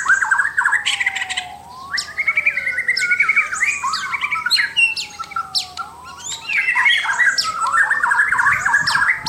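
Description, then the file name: White-rumped shama song, bursts of quick chattering whistles between long smooth tones that repeatedly rise and then glide down. Indonesian name murai batu, labelled mahkota. "suara murai batu mahkota"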